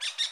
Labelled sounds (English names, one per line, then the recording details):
Brown-throated Parakeet contact call
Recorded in Curacao
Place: along powerline, near entrance of Santa Barbara resort
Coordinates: 12.068, -68.844